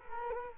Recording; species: mosquito wingbeat signal from an infrared sensor; Culex quinquefasciatus